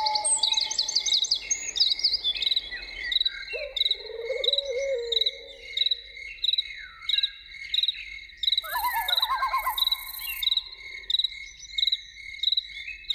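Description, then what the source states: Loon giving a wavering call, then a second quavering call, over steady pulsing insect chirps and scattered high bird notes. Evening soundscape with loons.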